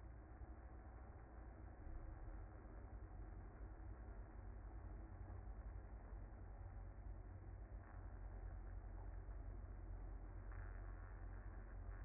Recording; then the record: honeybee colony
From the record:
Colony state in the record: active